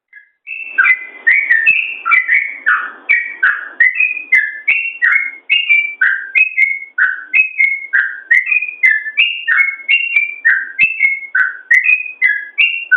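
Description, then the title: Yellow-vented bulbul song: a long, continuous stream of bubbly, chattering whistles, paired high and low notes repeated rapidly for about thirteen seconds. "Suara Trucukan"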